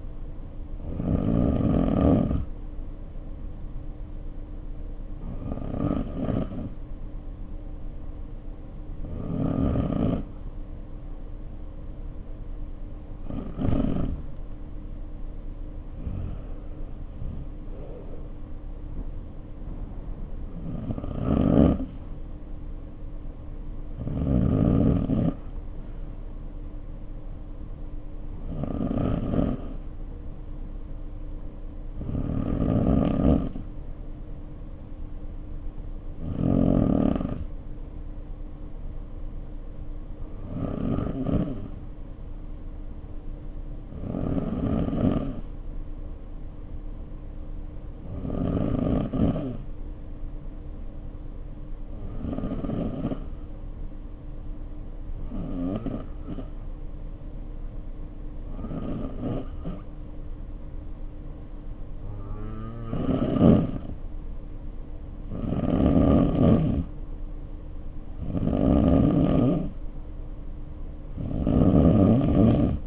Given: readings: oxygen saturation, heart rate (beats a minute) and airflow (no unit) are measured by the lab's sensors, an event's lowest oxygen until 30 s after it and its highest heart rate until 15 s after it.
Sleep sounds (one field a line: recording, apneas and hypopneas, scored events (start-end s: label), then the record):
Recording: breathing in sleep by a smartphone at the bedside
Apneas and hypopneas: 2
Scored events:
3.00-17.00 s: hypopnea (N2, oxygen 94% highest, then 92% lowest, heart rate 54 at the start, 61 highest)
42.00-66.20 s: hypopnea (N2, oxygen 95% highest, then 88% lowest, heart rate 53 at the start, 60 highest)
From the record:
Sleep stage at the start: N2 (light sleep)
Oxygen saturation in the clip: 91 to 95%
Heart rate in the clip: 52 to 61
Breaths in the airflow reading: 21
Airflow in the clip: -3.0 to 2.4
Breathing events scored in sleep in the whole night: 520 in 7.2 hours asleep